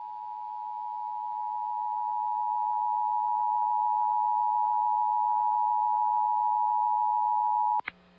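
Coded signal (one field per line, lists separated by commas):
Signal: Emergency Alert System (SAME) tones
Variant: 853 and 960 Hz attention tone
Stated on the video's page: Iowa EAS Required Monthly Test originated from an AM station and relayed on all Iowa radio and TV stations.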